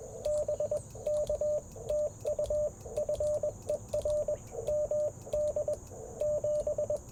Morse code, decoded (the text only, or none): BK TU FER MD 7